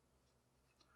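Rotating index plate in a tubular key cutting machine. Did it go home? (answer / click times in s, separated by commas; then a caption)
no / none. The rotating index plate of a tubular key cutting machine is being turned from position one toward position two, ahead of its detent. Only a low, steady hum and faint handling ticks are heard. The index has not yet clicked into its detent, and nothing has seated.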